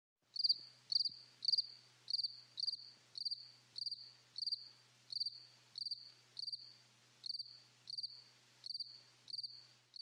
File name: 鈴虫の声